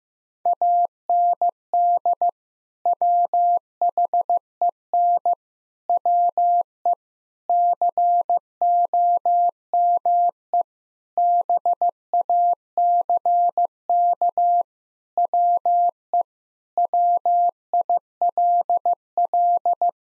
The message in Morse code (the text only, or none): AND WHEN WE COME BACK WE WILL